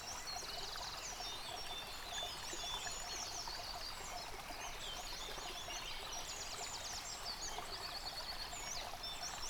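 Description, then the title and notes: Several birds sing at once with sweet whistled notes, quick chirps and repeated trills, while a stream rushes steadily underneath. Bird chorus recorded beside a stream at Dlouhý Důl, Krásná Lípa, Czechia, on a Zoom H6. "Dlouhý Důl 14, 407 47 Krásná Lípa, Czechia - Ptáci a potok. Ptačí sněm snímaný u potoka.. nahráno na ZOOM H6"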